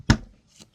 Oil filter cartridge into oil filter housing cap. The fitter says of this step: When installing the new cartridge, just make sure you have it centered properly. And you should hear it snap into position.